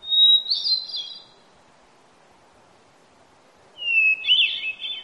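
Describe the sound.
Hermit thrush song: two phrases, each opening with a long pure whistled note and breaking into a fluttery cascade, separated by a quiet pause of about two and a half seconds.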